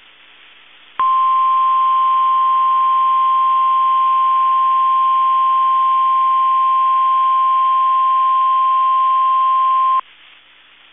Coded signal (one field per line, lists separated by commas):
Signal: Emergency Alert System (SAME) tones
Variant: 1050 Hz attention tone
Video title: 3RD TIMES A CHARM EAS Required Weekly Test KEC65 12/2/20 (EAS #276-278)